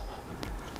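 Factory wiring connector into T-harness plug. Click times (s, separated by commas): 0.4 s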